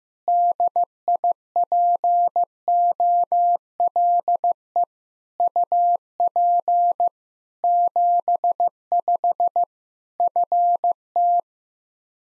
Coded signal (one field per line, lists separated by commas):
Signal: Morse code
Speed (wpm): 15 wpm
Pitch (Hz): 700 Hz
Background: none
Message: DIPOLE UP 75 FT